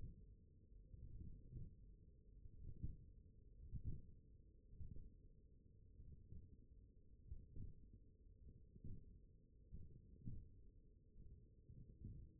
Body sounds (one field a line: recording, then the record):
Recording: forearm muscle sounds (acoustic myography)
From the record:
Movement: hand opening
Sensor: system 1, eight BSWA MPA416 microphones around the upper forearm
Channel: 5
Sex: male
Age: 42 years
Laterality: right